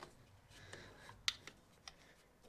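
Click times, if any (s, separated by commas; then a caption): 1.3 s. An HT lead boot is pushed down onto a new spark plug in a Ford Fiesta Mk7 and clicks into place at 1.3 s with a sharp, bright snap. A few fainter handling ticks come before and after it against a quiet background. The lead is seated on the plug.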